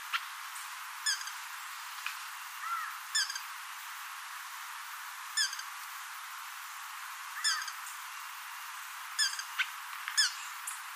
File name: Brazilian ruby